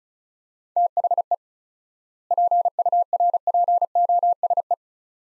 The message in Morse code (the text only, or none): THE PURPOSE